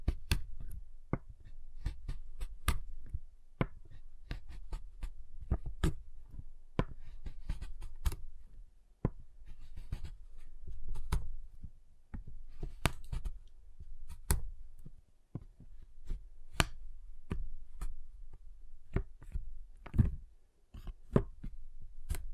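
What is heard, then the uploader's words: A giant chocolate bar is tapped, cut and snapped. Sharp, bright clicks and knocks come irregularly, several each second, each with a dull low thud beneath, and a few louder cracks stand out throughout. ASMR Giant Chocolate Bar Tapping, Cutting, Snapping Sounds (No Talking).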